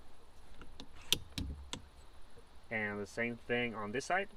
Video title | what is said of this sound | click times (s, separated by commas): OffCouse™ - Instructions | until i hear a distinct clicking noise then i know it is locked in its rear position | 1.1 s